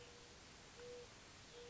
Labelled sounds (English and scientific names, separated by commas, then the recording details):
Mourning Dove (Zenaida macroura)
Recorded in Sonoma County, California